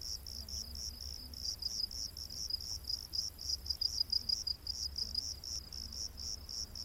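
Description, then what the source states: Cricket chirping quickly, high pulsed notes about three times a second, slightly uneven, over a soft low background hum. Rainforest at night.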